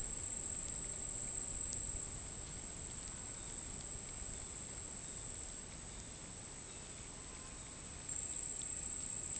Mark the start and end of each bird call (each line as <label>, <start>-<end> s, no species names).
bird call, 3.28-7.11 s
bird call, 7.38-9.33 s